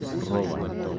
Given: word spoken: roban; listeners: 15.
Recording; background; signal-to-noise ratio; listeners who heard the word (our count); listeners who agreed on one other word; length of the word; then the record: one Spanish word in noise, from a listening test; eight-talker babble; -0.2 dB; 5 of 15; 9 of 15; 0.59 s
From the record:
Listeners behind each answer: 9, 5, 1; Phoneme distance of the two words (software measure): 7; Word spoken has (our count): 2 syllables, 5 phonemes, stress on syllable 1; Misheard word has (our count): 2 syllables, 4 phonemes, stress on syllable 1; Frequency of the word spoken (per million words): 2.98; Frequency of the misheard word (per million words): 2.64